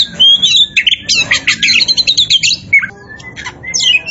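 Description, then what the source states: Oriental magpie-robin singing a fast, varied run of high whistles, buzzy notes and sliding phrases, with a short pause before a last few rising notes. Indonesian local type called Kacer Poci; described as gacor, singing vigorously and continuously.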